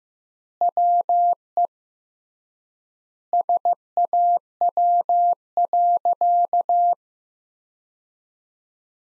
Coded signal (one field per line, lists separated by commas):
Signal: Morse code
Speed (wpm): 15 wpm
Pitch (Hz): 700 Hz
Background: none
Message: WE SAW.